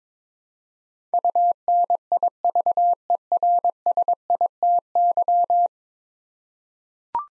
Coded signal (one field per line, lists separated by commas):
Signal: Morse code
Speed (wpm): 22 wpm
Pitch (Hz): 700 Hz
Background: none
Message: UNIVERSITY